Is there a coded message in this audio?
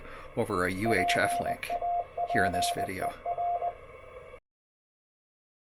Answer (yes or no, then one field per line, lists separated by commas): yes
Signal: Morse code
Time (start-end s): 0.9-3.7 s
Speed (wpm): 20 wpm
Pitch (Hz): 700 Hz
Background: speech, radio noise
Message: PAPER